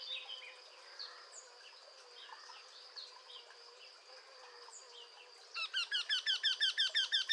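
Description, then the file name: Eurasian wryneck calls: a rapid series of nasal, ringing notes begins late, after a stretch of soft chirps and twitters from other birds. "torcol"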